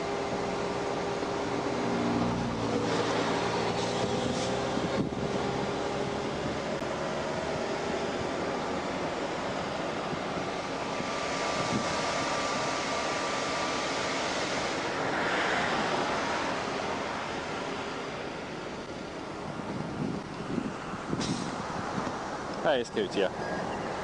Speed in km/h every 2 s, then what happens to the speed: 0, 0, 0, 0, 0, 0, 0, 0, 0, 0, 0, 0.
0-24 standing.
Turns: none.